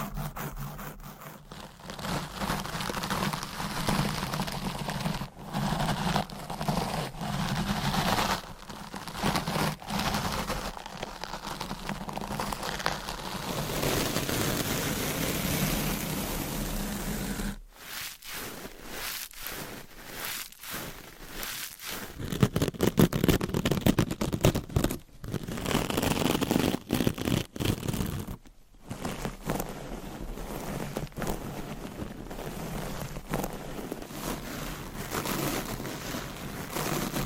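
Mic scratching, tapping and brushing, with dense crackly rustling, brief silent breaks near 18 and 28 seconds, and louder scraping afterward.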